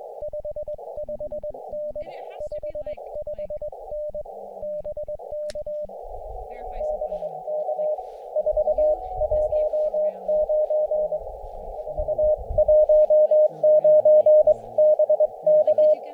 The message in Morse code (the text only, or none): 55N 55N BK BK 4 19 A 19 B K